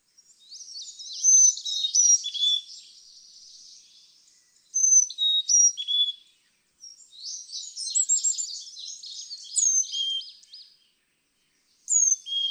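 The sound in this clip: Carolina chickadee giving high, jumbled twittering notes mixed with a few clear whistles, in several bursts separated by short silences.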